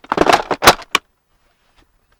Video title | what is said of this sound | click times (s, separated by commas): Baby Trend Car Seat Review and Install - GenZDad | and then it clicks in not sure if you heard that click but it does click in | 1.0 s